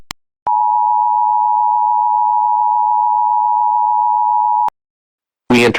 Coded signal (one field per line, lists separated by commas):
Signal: Emergency Alert System (SAME) tones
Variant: 853 and 960 Hz attention tone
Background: speech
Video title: EAS Scenario - The Cube Part 2